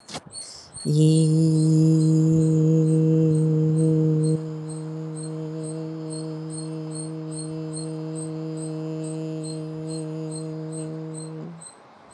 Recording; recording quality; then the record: sustained vowel as in beet; excellent, no background noise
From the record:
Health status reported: healthy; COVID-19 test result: not tested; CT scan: not taken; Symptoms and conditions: none ticked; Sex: female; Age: 47 years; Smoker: no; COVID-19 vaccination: both doses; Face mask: not worn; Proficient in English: yes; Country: India